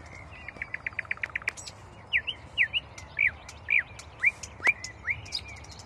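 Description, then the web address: Common nightingale song: a quick series of clicking notes, then several loud slurred whistled notes repeated one after another. "rossignol ordinaire chant du rossignol"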